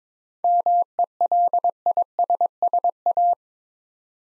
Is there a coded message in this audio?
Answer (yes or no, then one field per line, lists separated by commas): yes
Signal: Morse code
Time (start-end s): 0.4-3.3 s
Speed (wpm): 22 wpm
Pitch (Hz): 700 Hz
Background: none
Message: MELISSA